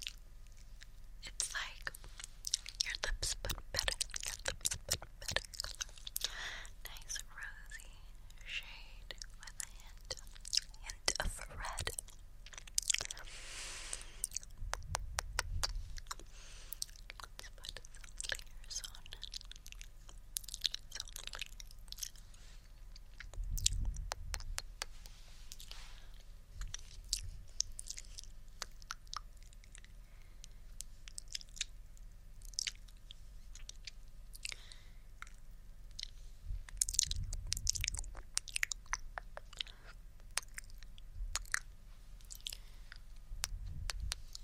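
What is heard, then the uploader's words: Wet mouth sounds fill the recording: sticky smacks, clicks and soft kiss-like pops arrive in quick irregular bursts, crisp and bright. Low muffled thumps land now and then, around 15, 24 and 37 seconds. Lip Balm Application In Your Ears (Mouth Sounds, Kisses, Tapping).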